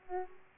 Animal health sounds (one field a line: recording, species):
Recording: mosquito wingbeat signal from an infrared sensor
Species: Aedes aegypti